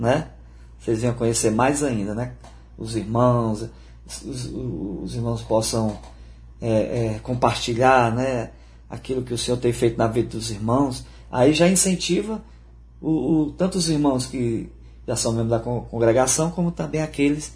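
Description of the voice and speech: An adult man, a missionary pastor, speaks Portuguese at a moderate pace with repeated short words ('os, os', 'é, é', 'o, o') and a drawn-out 'z' sound of over half a second. These repetitions and the prolongation fit mild stuttering, which he acknowledges as his own.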